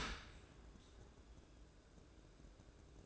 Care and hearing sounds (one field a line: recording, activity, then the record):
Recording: daily activity, microphone in the room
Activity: open dishwasher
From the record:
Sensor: 2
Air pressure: 1012.2 hPa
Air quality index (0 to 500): 138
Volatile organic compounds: 2 ppm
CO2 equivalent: 1018 ppm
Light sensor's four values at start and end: 316/775/315/321 and 317/779/316/323